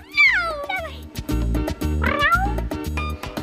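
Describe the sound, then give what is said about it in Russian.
A cat named Afonya, being shooed away, meows twice, each call a loud, drawn-out cry sliding downward in pitch, over a steady, pulsing low musical accompaniment. “Афоня, брысь отсюда!”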